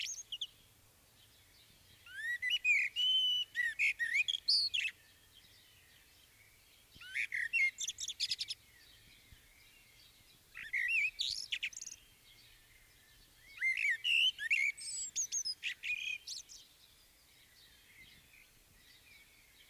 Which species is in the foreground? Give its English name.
Common Blackbird